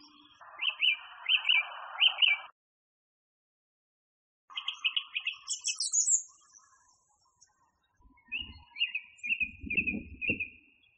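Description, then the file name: Song thrush repeating a clear note a few times, then a chattering phrase and another repeated whistled series, with faint background hiss and some low knocking near the end. Masteran recording used for training songbirds. "suara masteran songthrush"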